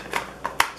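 A Cold Steel Gurkha Kukri 39LGKT knife blade is pushed into its molded sheath. There is a soft scuffing rustle near 0.2 s, then sharp clicks at 0.5 s and 0.6 s, the second loudest. The blade snaps home and is held in the sheath even without the retention strap.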